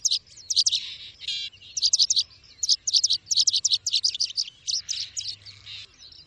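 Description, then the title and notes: Bird song of high, sharp chirps in quick clusters of three to five notes, broken by short buzzy phrases and brief pauses. Bird ringtone, described as having a melodious voice. "Burung Dengan Suara Merdu"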